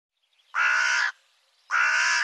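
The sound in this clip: Bird call: two loud, raspy caws about half a second each, spaced just over a second apart, nothing else audible.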